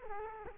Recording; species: mosquito wingbeat signal from an infrared sensor; Culex quinquefasciatus